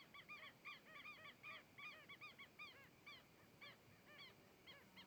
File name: Garcas se aproximando, passando em frente ao microfone e saindo